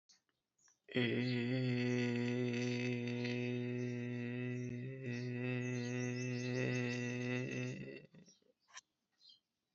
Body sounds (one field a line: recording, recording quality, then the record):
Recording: sustained vowel as in made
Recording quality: excellent, no background noise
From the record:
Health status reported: healthy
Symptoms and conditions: none ticked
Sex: male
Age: 25 years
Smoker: not ticked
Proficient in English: yes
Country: India